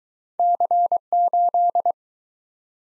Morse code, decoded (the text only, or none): C8